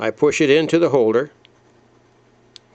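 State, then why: Seated. A metal crimp contact is pushed into a reddish-brown plastic multi-pin connector housing for a Heathkit SS9000 synthesized HF transceiver, until its tab catches. Someone talks for the first 1.3 seconds, followed by near silence with a faint tick, then a small, sharp click at 2.6 s. The contact is seated in the housing.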